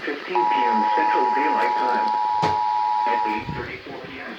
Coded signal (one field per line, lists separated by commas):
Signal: Emergency Alert System (SAME) tones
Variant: 853 and 960 Hz attention tone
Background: speech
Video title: (4/30/2021) Flash Flood Warning on WXK67 and KZAR-FM | EAS #719-720